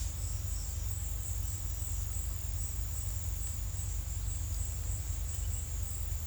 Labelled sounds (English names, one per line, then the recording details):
none
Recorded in secondary vegetation near Puerto Asís, Putumayo, Colombia, on 22 December 2024 at 15:00
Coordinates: 0.499, -76.323
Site G010